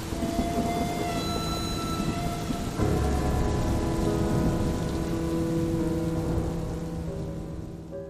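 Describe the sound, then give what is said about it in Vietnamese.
Heavy rain pours down in a dense, unbroken hiss, with a low rumbling undertone that swells a few seconds in and softens slightly toward the end. “dương mắt nhìn ra bên ngoài trời mưa ầm ầm.”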